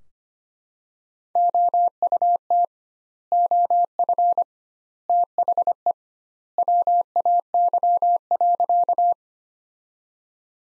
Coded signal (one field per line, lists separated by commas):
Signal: Morse code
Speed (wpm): 25 wpm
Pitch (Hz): 700 Hz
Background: none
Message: OUT OF THE WAY.